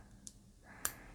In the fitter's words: this you hear a little click noise as you could hear and there's a missing corner on the sim card